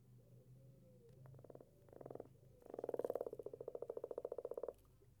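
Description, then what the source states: Common frog croaking: two short purring croaks, then a longer rolling, pulsed croak of about two seconds that slowly fades. Recorded in the UK.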